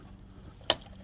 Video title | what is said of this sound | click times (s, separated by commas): Bruder A60H Features - Bryan T. | and that locks that upper portion onto the bottom | 0.7 s